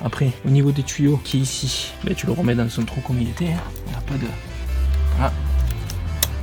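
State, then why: Seated. A fuel line quick-connect coupling on a Peugeot Partner HDI is pushed back onto the new diesel fuel filter while someone talks over background music. It snaps into place with a sharp click at 6.2 s, and the connection is confirmed as good.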